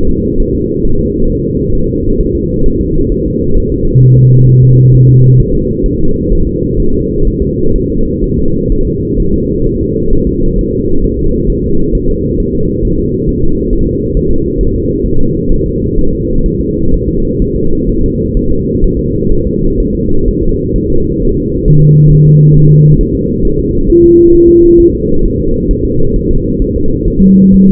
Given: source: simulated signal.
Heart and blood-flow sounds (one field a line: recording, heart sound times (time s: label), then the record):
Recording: fetal heart sounds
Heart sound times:
0.09 s: S2
0.40 s: S1
0.55 s: S2
0.85 s: S1
1.00 s: S2
1.30 s: S1
1.44 s: S2
1.75 s: S1
1.90 s: S2
2.21 s: S1
2.35 s: S2
2.66 s: S1
2.81 s: S2
3.12 s: S1
3.26 s: S2
3.57 s: S1
3.72 s: S2
4.03 s: S1
4.18 s: S2
4.49 s: S1
4.63 s: S2
4.94 s: S1
5.09 s: S2
5.40 s: S1
5.54 s: S2
5.86 s: S1
6.01 s: S2
6.33 s: S1
6.47 s: S2
6.80 s: S1
6.94 s: S2
7.27 s: S1
7.42 s: S2
7.76 s: S1
7.90 s: S2
8.24 s: S1
8.38 s: S2
8.72 s: S1
8.87 s: S2
9.20 s: S1
9.34 s: S2
9.67 s: S1
9.81 s: S2
10.13 s: S1
10.27 s: S2
10.59 s: S1
10.73 s: S2
11.04 s: S1
11.19 s: S2
11.50 s: S1
11.64 s: S2
11.95 s: S1
12.09 s: S2
12.40 s: S1
12.55 s: S2
12.85 s: S1
12.99 s: S2
13.29 s: S1
13.44 s: S2
13.73 s: S1
13.87 s: S2
14.17 s: S1
14.31 s: S2
14.61 s: S1
14.75 s: S2
15.06 s: S1
15.20 s: S2
15.52 s: S1
15.66 s: S2
15.98 s: S1
16.13 s: S2
16.46 s: S1
16.60 s: S2
16.94 s: S1
17.09 s: S2
17.42 s: S1
17.56 s: S2
17.90 s: S1
18.04 s: S2
18.37 s: S1
18.51 s: S2
18.84 s: S1
18.99 s: S2
19.32 s: S1
19.47 s: S2
19.80 s: S1
19.95 s: S2
20.28 s: S1
20.43 s: S2
20.76 s: S1
20.90 s: S2
21.22 s: S1
21.37 s: S2
21.68 s: S1
21.82 s: S2
22.13 s: S1
22.27 s: S2
22.57 s: S1
22.71 s: S2
23.01 s: S1
23.15 s: S2
23.45 s: S1
23.59 s: S2
23.90 s: S1
24.04 s: S2
24.35 s: S1
24.49 s: S2
24.80 s: S1
24.94 s: S2
25.25 s: S1
25.40 s: S2
25.71 s: S1
25.85 s: S2
26.16 s: S1
26.31 s: S2
26.62 s: S1
26.76 s: S2
27.08 s: S1
27.22 s: S2
27.54 s: S1
27.69 s: S2
From the record:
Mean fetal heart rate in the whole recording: 130 bpm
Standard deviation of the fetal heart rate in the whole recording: 4 bpm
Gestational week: 38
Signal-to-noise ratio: -17.7 dB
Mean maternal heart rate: 72 bpm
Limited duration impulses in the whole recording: present